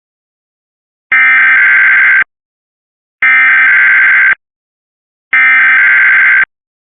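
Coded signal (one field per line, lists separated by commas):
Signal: Emergency Alert System (SAME) tones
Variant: header bursts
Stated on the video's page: Required weekly and monthly tests only.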